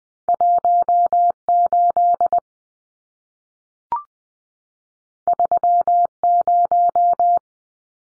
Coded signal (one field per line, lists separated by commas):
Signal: Morse code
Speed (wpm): 20 wpm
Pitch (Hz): 700 Hz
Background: none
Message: 18 30